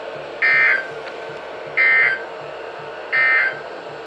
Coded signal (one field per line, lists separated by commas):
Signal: Emergency Alert System (SAME) tones